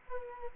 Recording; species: mosquito wingbeat signal from an infrared sensor; Culex quinquefasciatus